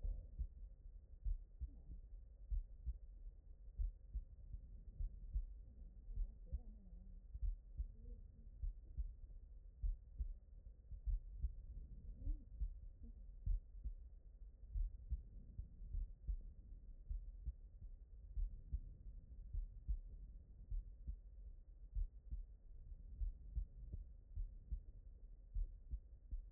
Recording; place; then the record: heart sounds by stethoscope; aortic valve (AV)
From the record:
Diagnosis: non-HFrEF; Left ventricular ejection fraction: 60%